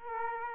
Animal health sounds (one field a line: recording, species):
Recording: mosquito wingbeat signal from an infrared sensor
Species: Aedes aegypti